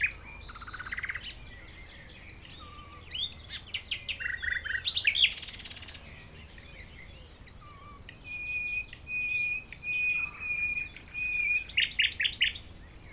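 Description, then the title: Common nightingale song mixing rapid trills, varied notes and a long steady note. Several nightingales singing near Chindrieux, France; recordist a few meters from the foreground singer. "195 Rue de Vars, Chindrieux, France - Rossignols"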